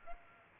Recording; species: mosquito wingbeat signal from an infrared sensor; Culex pipiens